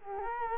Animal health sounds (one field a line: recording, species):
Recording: mosquito wingbeat signal from an infrared sensor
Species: Culex quinquefasciatus